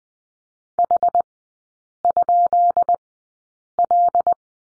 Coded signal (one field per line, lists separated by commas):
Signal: Morse code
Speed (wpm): 20 wpm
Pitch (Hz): 700 Hz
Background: none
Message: H?L